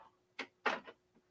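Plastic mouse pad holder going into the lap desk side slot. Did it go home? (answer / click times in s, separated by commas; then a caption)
yes / 0.4 s, 0.7 s. A detachable plastic mouse pad holder is pushed back into its side slot on a lap desk. Two sharp plastic clicks sound at 0.4 s and 0.7 s, the second louder and followed by a brief rattle. A faint tap comes near 1.2 s, and the holder snaps back into place, seated.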